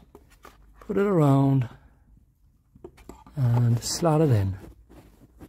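A new paper oil filter element is being slotted onto the nipple of the plastic filter housing cap during an engine oil change on a Land Rover Discovery 3. Someone talks over a few faint handling taps and rustles. Nothing has seated or clicked yet.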